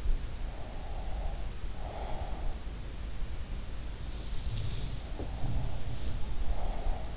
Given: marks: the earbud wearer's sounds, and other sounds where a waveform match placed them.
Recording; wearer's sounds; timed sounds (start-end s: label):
sounds in sleep by an in-ear microphone; breath
0.59-2.47 s: breath
4.08-7.17 s: sound from someone else or the room
5.18-7.17 s: breath